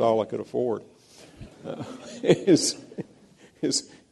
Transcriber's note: laughter